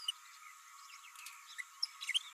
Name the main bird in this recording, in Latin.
Forpus passerinus